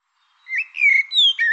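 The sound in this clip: Bird giving a few loud, clear whistled notes: a short upslur, a longer drawn-out tone, a falling whistle and a final note.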